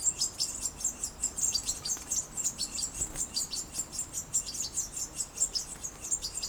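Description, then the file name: European goldfinch giving rapid high chirps in an unbroken stream of short notes, steady throughout. "Carduelis carduelis"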